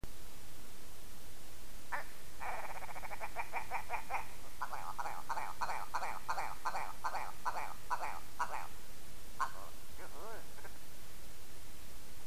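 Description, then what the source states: Willow ptarmigan rattling call: a long series of hard, nasal pulses, ending with a few separate croaking notes, over steady hiss. Recorded at Seal River in 2022.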